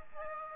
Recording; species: mosquito wingbeat signal from an infrared sensor; Aedes aegypti